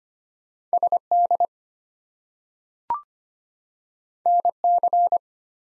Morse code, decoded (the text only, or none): SD NC